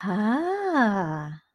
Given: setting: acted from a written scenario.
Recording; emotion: vocal sound without words; romantic love